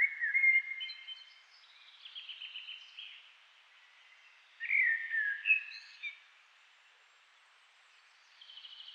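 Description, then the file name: Eurasian blackbird song: the end of a fluted phrase, soft chattering notes, then another loud mellow warbled phrase and a thin high squeak. "Turdus merula"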